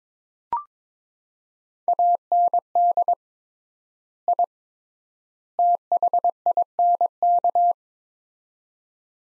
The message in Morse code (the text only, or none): AND I THINK